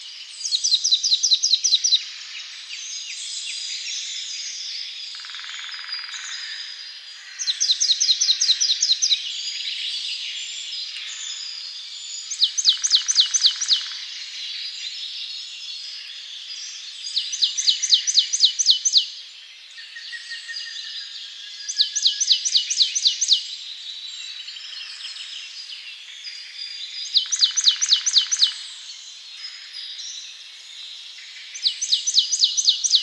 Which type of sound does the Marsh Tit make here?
song